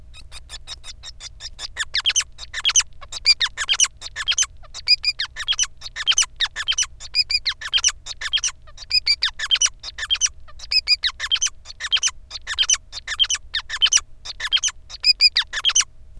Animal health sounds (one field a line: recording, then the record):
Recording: song of a male Bengalese finch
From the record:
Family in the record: son of father 5